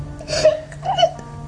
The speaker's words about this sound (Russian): Почему вы плачете? Настроения нет.